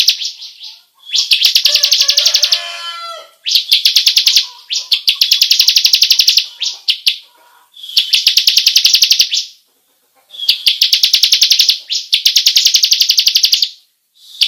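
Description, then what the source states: Bar-winged prinia rolling song, fast high pulsed trills repeated in roughly two-second runs, with a short burst of lower twittering early on. Long rolling song style, called ngerol panjang.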